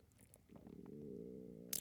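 A low, wavering gurgle swells and holds for over a second: an adult woman's ordinary stomach rumbling (borborygmi).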